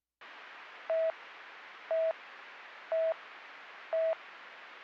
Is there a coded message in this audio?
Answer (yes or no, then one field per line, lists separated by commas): no